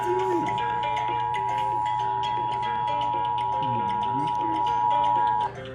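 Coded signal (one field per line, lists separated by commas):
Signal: Emergency Alert System (SAME) tones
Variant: 853 and 960 Hz attention tone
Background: speech, music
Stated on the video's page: Required Monthly Test received on Seattle-area broadcast radio, TV, cable and NOAA Weather Radio 162.550 MHz and 162.425 MHz, recorded from weather radios.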